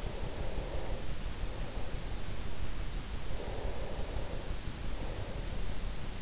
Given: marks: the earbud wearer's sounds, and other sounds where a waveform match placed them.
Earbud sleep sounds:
sounds in sleep by an in-ear microphone; breath
0.11-6.22 s: breath

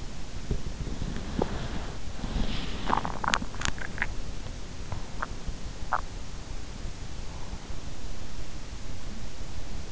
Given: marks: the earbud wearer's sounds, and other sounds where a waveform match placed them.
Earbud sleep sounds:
sounds in sleep by an in-ear microphone; teeth grinding
0.00-6.80 s: teeth grinding

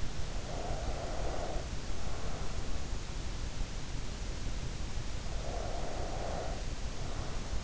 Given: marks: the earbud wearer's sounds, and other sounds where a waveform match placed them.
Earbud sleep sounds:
sounds in sleep by an in-ear microphone; breath
0.22-2.73 s: breath
5.25-7.64 s: breath

